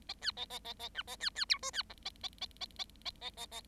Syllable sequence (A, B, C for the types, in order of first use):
A B A A A A C A B B D E B F A A A A A A A A A